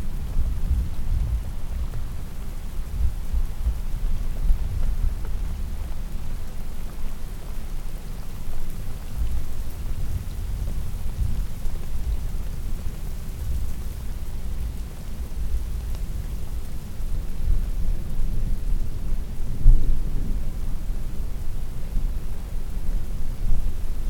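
Distant thunder rumbles low and steady beneath a light hiss of rain that fills the upper range evenly. The rolling never fully stops, swelling slightly around the middle and again near twenty seconds, where a deeper roll stands out.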